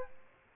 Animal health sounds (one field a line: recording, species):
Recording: mosquito wingbeat signal from an infrared sensor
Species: Aedes aegypti